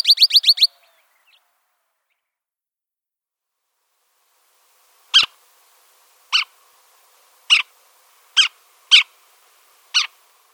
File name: Canyon Towhee